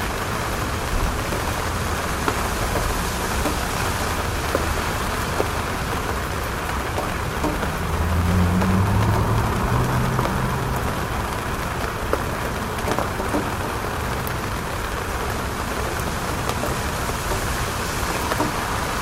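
Steady rain patters on a city rooftop in a dense, even hiss, with a low rumble swelling briefly around eight to eleven seconds.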